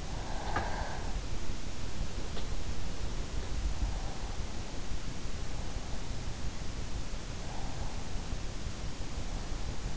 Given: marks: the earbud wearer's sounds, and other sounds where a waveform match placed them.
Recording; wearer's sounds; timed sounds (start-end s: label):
sounds in sleep by an in-ear microphone; breath
0.00-1.31 s: breath